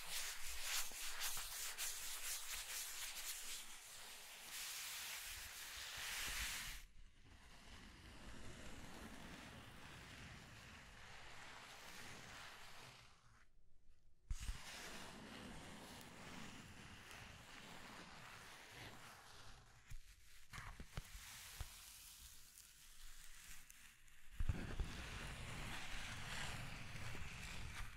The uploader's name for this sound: Scratching and Tracing Sounds